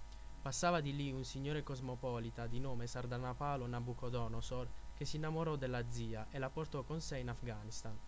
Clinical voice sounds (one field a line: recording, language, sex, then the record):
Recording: read passage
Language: Italian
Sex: male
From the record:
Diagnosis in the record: healthy control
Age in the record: 24 years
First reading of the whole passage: 44 s, 11.7 characters per second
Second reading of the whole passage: 43 s, 11.9 characters per second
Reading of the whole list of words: 49 s, 5.7 characters per second